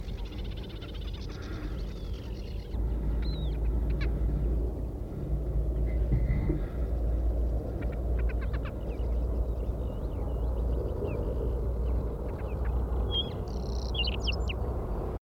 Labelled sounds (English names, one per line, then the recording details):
Montagu's Harrier call
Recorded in the wild
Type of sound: call
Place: Kremmen, Brandenburg, DE
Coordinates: 52.769, 13.001
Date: 1971-05-04
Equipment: Nagra III BH, Sennheiser MD 21, parabola
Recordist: Schubert, Michael
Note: Wiesenweihe, Rufe beim Balzflug